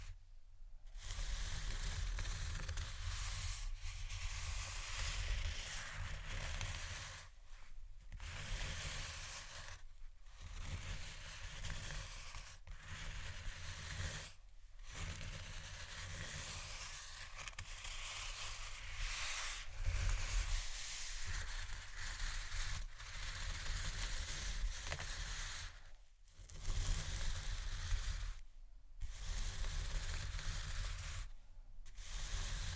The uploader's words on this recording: Slow, Deep & Soft Scratching (No Talking).